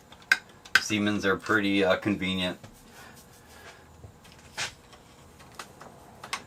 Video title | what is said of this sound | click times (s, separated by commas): How To Install Wiring In A Main Breaker Box - Basics - | okay now we're going to put the breaker in they just snap right in | 0.3 s, 0.8 s